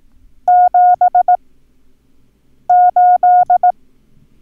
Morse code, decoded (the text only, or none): 78